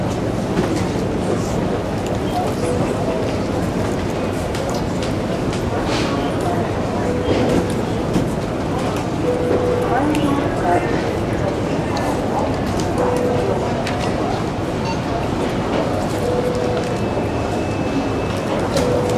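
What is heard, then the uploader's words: An airport terminal fills with a steady, dense hum and the blurred murmur of many voices talking at once. Short clicks and clatters pop up throughout, and a few brief tonal beeps sound every few seconds, around 3, 10, 13 and 17 seconds. AIRPORT TERMINAL. MyNoise Terminal.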